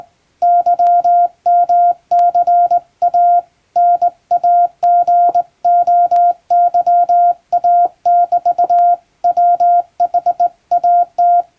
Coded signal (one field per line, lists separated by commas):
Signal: Morse code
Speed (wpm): 20 wpm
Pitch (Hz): 700 Hz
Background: none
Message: YMCA NAGOYA<BT>WHAT